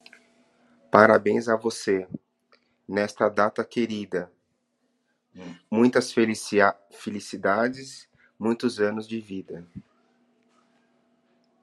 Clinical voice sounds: short text; Brazilian Portuguese; male; 40 to 49 years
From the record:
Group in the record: control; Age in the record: 41 years

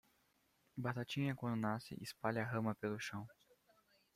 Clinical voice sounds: short text; Brazilian Portuguese; male; 20 to 29 years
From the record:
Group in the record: control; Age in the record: 24 years

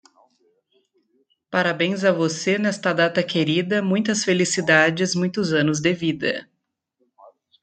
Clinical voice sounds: short text; Brazilian Portuguese; female; 20 to 29 years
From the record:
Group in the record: control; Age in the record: 25 years

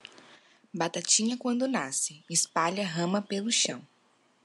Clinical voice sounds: short text; Brazilian Portuguese; female; 20 to 29 years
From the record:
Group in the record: control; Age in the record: 20 years

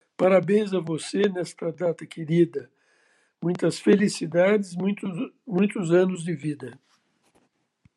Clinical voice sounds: short text; Brazilian Portuguese; female; 70 to 79 years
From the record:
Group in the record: control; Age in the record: 74 years

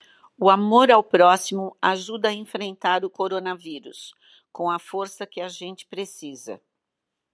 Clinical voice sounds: spoken sentence; Brazilian Portuguese; female; 60 to 69 years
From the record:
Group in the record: control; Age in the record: 65 years

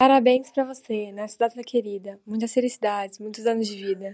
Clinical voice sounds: short text; Brazilian Portuguese; female; 20 to 29 years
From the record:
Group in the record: control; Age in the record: 21 years

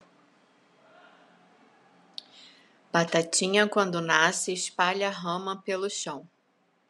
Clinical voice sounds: short text; Brazilian Portuguese; female; 40 to 49 years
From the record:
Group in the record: control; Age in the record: 48 years

